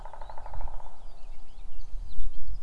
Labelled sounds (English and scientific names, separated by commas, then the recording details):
Eurasian Blackcap (Sylvia atricapilla)
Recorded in Germany
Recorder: ecoPi